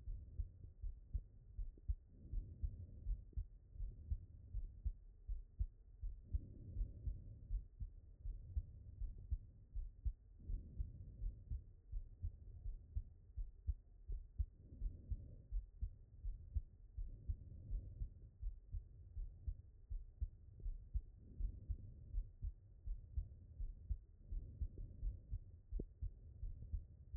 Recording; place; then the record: heart sounds by stethoscope; aortic valve (AV)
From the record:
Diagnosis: non-HFrEF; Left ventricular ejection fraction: 67%